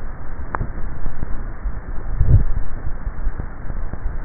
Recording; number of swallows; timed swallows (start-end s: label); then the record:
swallowing sounds by neck microphone; 1
1.95-2.62 s: swallow
From the record:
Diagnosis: dysphagia